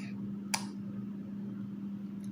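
A plastic toy brick piece is pressed onto a plastic brick tank model and seats with a single sharp, short click at 0.5 s. A steady low hum continues underneath, with a faint tick near 2.2 s.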